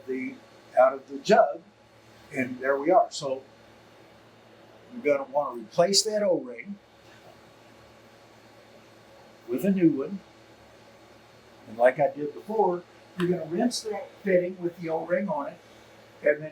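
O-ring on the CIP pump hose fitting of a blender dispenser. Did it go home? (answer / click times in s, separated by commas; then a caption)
no / none. Someone talks in bursts while the O-ring on the CIP pump hose fitting of a blender dispenser is swapped for a new one, over a steady low hum. Nothing has clicked or seated yet; the fitting is still to be rinsed and clicked into place.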